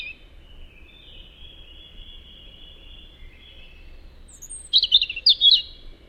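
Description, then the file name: European robin singing a faint, drawn-out thin note, then a brief bright burst of high twittering near the end. "Erithacus rubecula"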